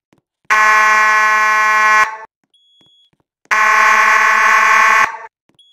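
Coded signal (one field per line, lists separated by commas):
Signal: alarm pattern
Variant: slow march time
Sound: two long buzzing horn blasts, each about 1.6 seconds, with equal pauses between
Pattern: 2 long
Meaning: Fire alarm sounding, evacuate the building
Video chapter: Slow March Time / 4:90 March Time 8:40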